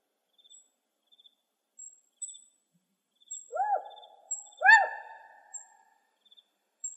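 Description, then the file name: Spotted owl calls: two arched notes with rich overtones, each rising then falling, about a second apart, over faint regular high ticking. Recorded in Arizona, 31 May 2006. "SPOW 4 B deviche"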